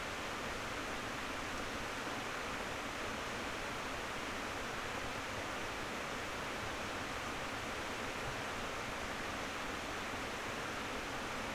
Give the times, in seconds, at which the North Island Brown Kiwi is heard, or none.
none